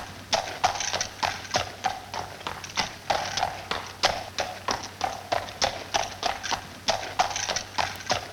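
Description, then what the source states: Horse walking on a hard surface, clear ringing hoof knocks in a steady rhythm near three per second, faint hum beneath. Horse walking on pavement.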